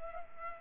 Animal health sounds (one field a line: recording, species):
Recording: mosquito wingbeat signal from an infrared sensor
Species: Culex pipiens